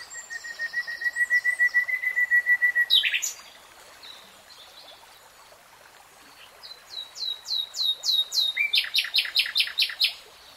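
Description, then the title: Nightingale singing: a long even whistle, a sharp break, silence, then a run of rising slurred notes leading into a rapid rattling trill. Nightingale singing, real-time recording. "[Tiếng chim hót] REALTIME Nightingale Singing"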